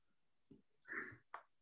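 One loud nasal snort with a couple of softer breathy noises from a sleeping dog: ordinary, loud snoring.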